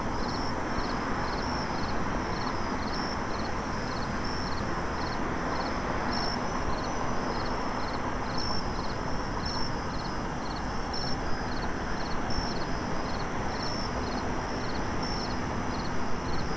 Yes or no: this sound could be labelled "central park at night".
yes